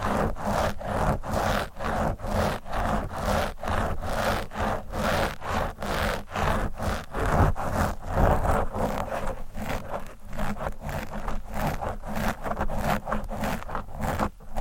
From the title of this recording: Mic Scratching